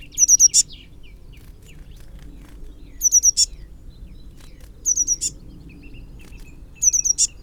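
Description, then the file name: Eurasian blue tit calling: four bouts of rapid, very high thin notes, each ending in a brief broader note, repeated every few seconds, with faint low background hum. "Cyanistes caeruleus"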